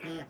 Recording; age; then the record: pig call; piglet (1 to 25 days)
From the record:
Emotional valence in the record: negative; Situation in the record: restrain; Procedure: sham castration, cut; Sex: male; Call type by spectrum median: low-frequency call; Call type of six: low-frequency tonal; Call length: 0.30 s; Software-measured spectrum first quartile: 325 Hz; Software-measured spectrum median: 672 Hz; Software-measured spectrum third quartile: 2125 Hz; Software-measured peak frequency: 319 Hz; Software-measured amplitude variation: 86 dB a second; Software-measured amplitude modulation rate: 16.6 a second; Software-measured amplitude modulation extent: 5.2 dB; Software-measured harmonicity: 4.9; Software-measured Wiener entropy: -1.33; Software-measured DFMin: 956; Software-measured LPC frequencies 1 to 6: 423, 1568, 2367, 3247, 4800, 5573 Hz